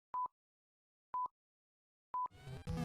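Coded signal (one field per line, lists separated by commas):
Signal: none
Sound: video intro sound effect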